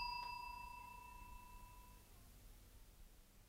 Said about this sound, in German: Die Glocke. Das hat nichts zu sagen. Der Klöppel wird sich wieder festgeklemmt haben. Die kleinste Erschütterung genügt.